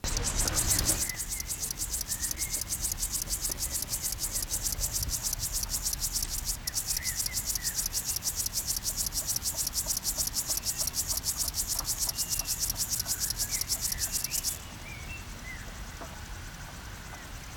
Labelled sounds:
Upland Field Grasshopper stridulation

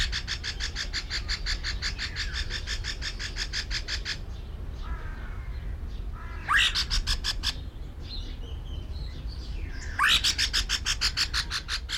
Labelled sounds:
Rusty-cheeked Scimitar Babbler call

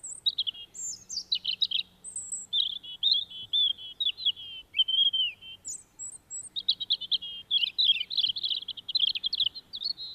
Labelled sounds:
European Robin song

